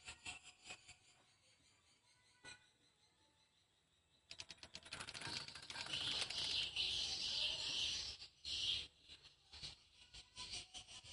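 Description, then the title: Swiftlet calls: a few dry clicks at first, then a dense wash of high, buzzy chirps that swells midway and breaks into scattered twitters toward the end. "Suara Burung Wallet"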